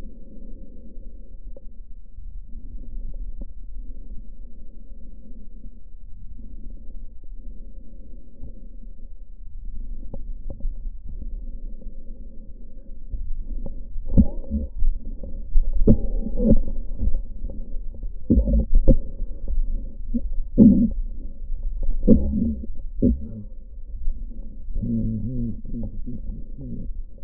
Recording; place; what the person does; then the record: lung sounds by stethoscope; left posterior basal chest; quiet breathing, then cough and speech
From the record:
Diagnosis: pulmonary infection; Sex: male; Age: 69 years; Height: 184 cm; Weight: 115 kg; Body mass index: 34.0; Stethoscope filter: diaphragm mode